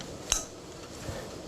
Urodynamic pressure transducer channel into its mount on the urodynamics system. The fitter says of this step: now fit the second channel on here. Make sure it clicks so we know that it's in position.